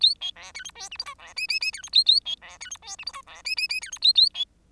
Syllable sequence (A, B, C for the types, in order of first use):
A B C D E F G H I C J J J D E A A B C D E F G H I C J J J D E A A B